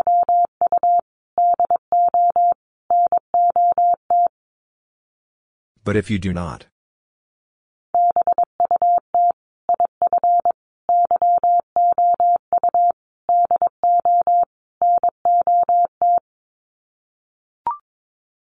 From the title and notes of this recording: Sets of 5 Words Encore 22wpm. First, the words are sent in Morse code. Finally, it is sent again in Morse code.